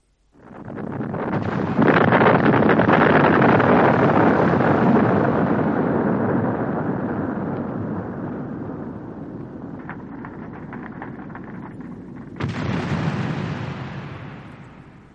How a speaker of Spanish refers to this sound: Acabamos de escuchar, señoras y señores, la explosión que destruyó el fuerte Elliot. Mas no la original, sino otra hecha durante una recreación de la batalla organizada en 1990.